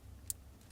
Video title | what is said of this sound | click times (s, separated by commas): 2007 - 2014 GM Wheel Theft Deterrent System ~ Inclination Alarm Sensor Installation (Chevy & GMC) | there she goes all right finally I finally heard it click and then once it snaps in | 0.3 s